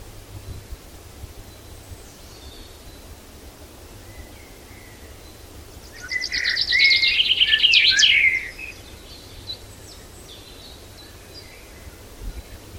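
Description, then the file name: Common chaffinch song, a bright descending rattle of rapid notes lasting about two seconds, ending in a brief flourish, with quiet background and faint birds. "Fringilla coelebs"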